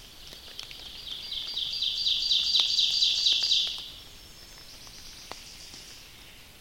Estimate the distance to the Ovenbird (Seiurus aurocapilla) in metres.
about 30 m